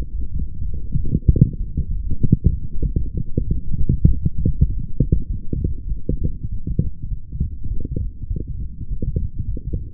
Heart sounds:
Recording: heart sounds by stethoscope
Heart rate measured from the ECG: 98 bpm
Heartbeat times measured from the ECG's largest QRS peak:
0.30 s: heartbeat
0.94 s: heartbeat
1.57 s: heartbeat
2.18 s: heartbeat
2.81 s: heartbeat
3.44 s: heartbeat
4.06 s: heartbeat
4.67 s: heartbeat
5.27 s: heartbeat
5.88 s: heartbeat
6.49 s: heartbeat
7.08 s: heartbeat
7.68 s: heartbeat
8.28 s: heartbeat
8.88 s: heartbeat
9.45 s: heartbeat
From the record:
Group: healthy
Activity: light exercise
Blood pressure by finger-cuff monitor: 104/69 mmHg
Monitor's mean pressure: 79 mmHg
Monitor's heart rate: 98 bpm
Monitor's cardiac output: 7.2 L/min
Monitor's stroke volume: 76 mL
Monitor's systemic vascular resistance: 830 dyn s/cm5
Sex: female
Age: 19 years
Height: 163 cm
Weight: 48.9 kg

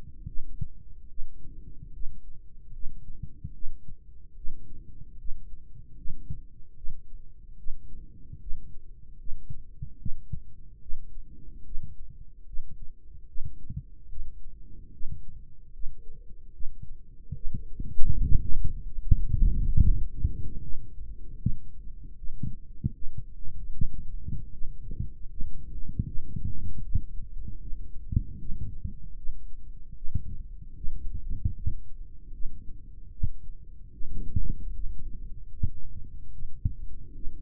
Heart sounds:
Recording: heart sounds by microphone in the right ear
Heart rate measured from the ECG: 75 bpm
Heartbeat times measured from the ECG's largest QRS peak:
0.28 s: heartbeat
1.10 s: heartbeat
1.94 s: heartbeat
2.74 s: heartbeat
3.55 s: heartbeat
4.37 s: heartbeat
5.19 s: heartbeat
5.98 s: heartbeat
6.77 s: heartbeat
7.59 s: heartbeat
8.41 s: heartbeat
9.20 s: heartbeat
10.00 s: heartbeat
10.82 s: heartbeat
11.66 s: heartbeat
12.47 s: heartbeat
13.29 s: heartbeat
14.10 s: heartbeat
14.93 s: heartbeat
15.74 s: heartbeat
16.54 s: heartbeat
17.36 s: heartbeat
18.22 s: heartbeat
19.06 s: heartbeat
19.84 s: heartbeat
20.63 s: heartbeat
21.41 s: heartbeat
22.18 s: heartbeat
22.95 s: heartbeat
23.73 s: heartbeat
24.53 s: heartbeat
25.31 s: heartbeat
26.08 s: heartbeat
26.84 s: heartbeat
27.62 s: heartbeat
28.40 s: heartbeat
29.17 s: heartbeat
29.96 s: heartbeat
30.77 s: heartbeat
31.56 s: heartbeat
32.34 s: heartbeat
33.12 s: heartbeat
33.94 s: heartbeat
34.74 s: heartbeat
35.53 s: heartbeat
36.33 s: heartbeat
37.16 s: heartbeat
From the record:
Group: healthy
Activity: rest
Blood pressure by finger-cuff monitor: 121/87 mmHg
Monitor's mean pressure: 97 mmHg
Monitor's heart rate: 76 bpm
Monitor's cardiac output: 3.5 L/min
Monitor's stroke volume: 46 mL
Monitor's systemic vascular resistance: 2030 dyn s/cm5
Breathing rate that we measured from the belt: 18 breaths a minute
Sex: male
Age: 55 years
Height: 167 cm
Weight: 57.2 kg

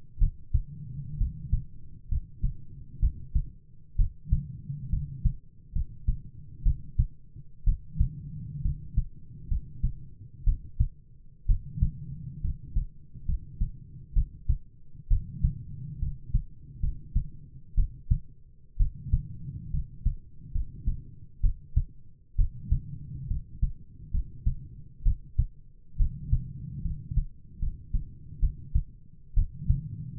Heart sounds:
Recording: heart sounds by stethoscope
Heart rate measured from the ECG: 66 bpm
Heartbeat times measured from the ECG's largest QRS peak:
0.18 s: heartbeat
1.17 s: heartbeat
2.08 s: heartbeat
2.99 s: heartbeat
3.96 s: heartbeat
4.89 s: heartbeat
5.72 s: heartbeat
6.62 s: heartbeat
7.64 s: heartbeat
8.61 s: heartbeat
9.48 s: heartbeat
10.44 s: heartbeat
11.46 s: heartbeat
12.41 s: heartbeat
13.25 s: heartbeat
14.13 s: heartbeat
15.07 s: heartbeat
15.99 s: heartbeat
16.80 s: heartbeat
17.74 s: heartbeat
18.77 s: heartbeat
19.70 s: heartbeat
20.51 s: heartbeat
21.40 s: heartbeat
22.35 s: heartbeat
23.27 s: heartbeat
24.10 s: heartbeat
25.02 s: heartbeat
25.96 s: heartbeat
26.81 s: heartbeat
27.58 s: heartbeat
28.39 s: heartbeat
29.33 s: heartbeat
From the record:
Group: healthy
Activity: rest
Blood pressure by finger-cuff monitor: 106/57 mmHg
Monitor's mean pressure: 68 mmHg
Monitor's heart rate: 64 bpm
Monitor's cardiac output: 7.5 L/min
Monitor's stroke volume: 114 mL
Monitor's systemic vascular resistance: 630 dyn s/cm5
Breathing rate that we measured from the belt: 17 breaths a minute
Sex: male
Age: 22 years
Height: 185 cm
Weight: 112.4 kg

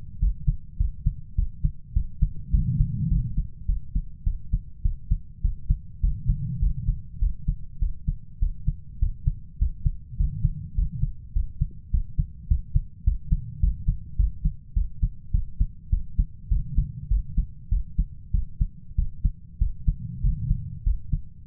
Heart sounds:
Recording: heart sounds by stethoscope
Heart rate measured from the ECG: 102 bpm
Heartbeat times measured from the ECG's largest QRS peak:
0.22 s: heartbeat
0.80 s: heartbeat
1.38 s: heartbeat
1.96 s: heartbeat
2.54 s: heartbeat
3.11 s: heartbeat
3.69 s: heartbeat
4.26 s: heartbeat
4.85 s: heartbeat
5.44 s: heartbeat
6.03 s: heartbeat
6.62 s: heartbeat
7.22 s: heartbeat
7.82 s: heartbeat
8.42 s: heartbeat
9.02 s: heartbeat
9.61 s: heartbeat
10.19 s: heartbeat
10.77 s: heartbeat
11.35 s: heartbeat
11.93 s: heartbeat
12.50 s: heartbeat
13.06 s: heartbeat
13.62 s: heartbeat
14.19 s: heartbeat
14.76 s: heartbeat
15.34 s: heartbeat
15.92 s: heartbeat
16.51 s: heartbeat
17.11 s: heartbeat
17.72 s: heartbeat
18.34 s: heartbeat
18.98 s: heartbeat
19.61 s: heartbeat
20.24 s: heartbeat
20.86 s: heartbeat
From the record:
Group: healthy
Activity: cold pressor test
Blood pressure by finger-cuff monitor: 175/102 mmHg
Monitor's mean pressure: 121 mmHg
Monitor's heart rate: 103 bpm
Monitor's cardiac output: 7.7 L/min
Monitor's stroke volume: 74 mL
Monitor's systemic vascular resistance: 1180 dyn s/cm5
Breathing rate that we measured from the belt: 17 breaths a minute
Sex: male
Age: 21 years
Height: 175 cm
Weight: 72.6 kg

